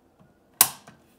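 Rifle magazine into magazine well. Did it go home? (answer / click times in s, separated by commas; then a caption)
yes / 0.6 s. An unloaded magazine is pushed up into the magazine well of an AR-15 rifle until the catch engages. A single sharp, bright click sounds at 0.6 s, followed by a faint softer tick at about 0.9 s. The magazine is seated and locked in place.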